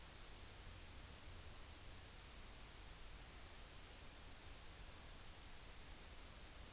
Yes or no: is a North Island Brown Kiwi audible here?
no